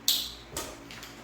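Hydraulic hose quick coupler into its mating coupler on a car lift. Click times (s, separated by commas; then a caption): 0.1 s. A hydraulic hose quick-connect coupler is pushed together by hand into its mating coupler on a portable car lift. It latches with a sharp, bright click at 0.1 s, followed by two fainter clicks around 0.6 s and 0.9 s. The coupling is seated.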